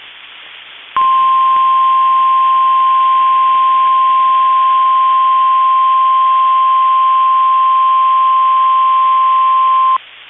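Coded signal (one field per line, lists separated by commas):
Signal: Emergency Alert System (SAME) tones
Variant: 1050 Hz attention tone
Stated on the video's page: Tornado watch, tornado warnings and severe thunderstorm warning from NOAA weather radio station KEC65, Minneapolis, Minnesota.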